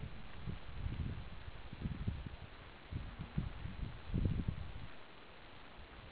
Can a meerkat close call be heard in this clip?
no